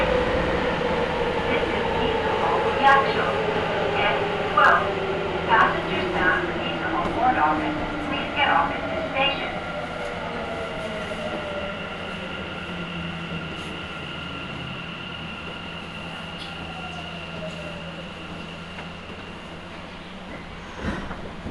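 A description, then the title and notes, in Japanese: A Nagoya subway train on the Sakura-dori Line slows with falling motor whine, steady low rumble, scattered clanks early, and faint voices. 名古屋市営地下鉄桜通線 太閤通→徳重。桜通線の太閤通から徳重までの全区間を乗った時のものです。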